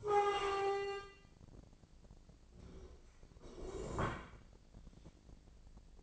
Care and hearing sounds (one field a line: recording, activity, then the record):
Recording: daily activity, microphone in the room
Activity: stand up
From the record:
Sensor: 5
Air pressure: 1012.4 hPa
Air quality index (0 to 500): 163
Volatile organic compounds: 2 ppm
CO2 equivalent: 1111 ppm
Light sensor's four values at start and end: 276/657/282/314 and 279/663/285/318